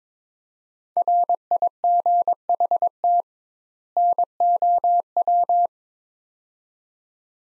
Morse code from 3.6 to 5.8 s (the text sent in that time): NOW